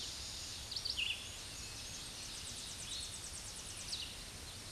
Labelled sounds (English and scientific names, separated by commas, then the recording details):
Red-eyed Vireo (Vireo olivaceus) song
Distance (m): 30 m
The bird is about 10 m above the microphone
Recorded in a Pennsylvania forest on 16 May 2024 at 07:59
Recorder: AudioMoth, point MSD-2163
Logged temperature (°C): 16.1 °C
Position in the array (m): 193 m, 161 m